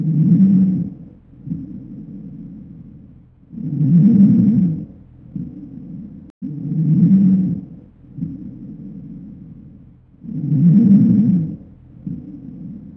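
Stridor heard through a stethoscope in an adult: a harsh, low-pitched, tonal breath sound with each breath, alternating louder and softer phases, about 16 breaths a minute.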